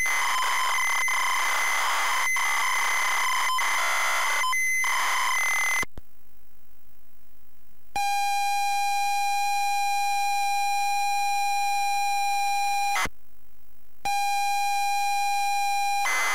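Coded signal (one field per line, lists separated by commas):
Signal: ZX Spectrum tape loading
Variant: ZX Spectrum +3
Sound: harsh buzzing data bands, a pause, then steady high pilot tones broken by short gaps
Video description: ZX Spectrum load up and quick game play of Knight Tyme loaded up using a zx spectrum +3 with a wh smith cpd8300 cassette player.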